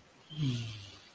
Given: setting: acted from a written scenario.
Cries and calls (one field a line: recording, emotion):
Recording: vocal sound without words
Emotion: serenity